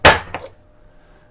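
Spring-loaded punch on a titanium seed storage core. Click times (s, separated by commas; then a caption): 0.0 s. A spring-loaded punch set over the number one on a titanium seed storage core is pushed down until its mechanism releases. A loud, sharp click sounds at 0.05 s, followed by two fainter metallic ticks near 0.3 and 0.5 s. The punch fires and punches a hole in the metal.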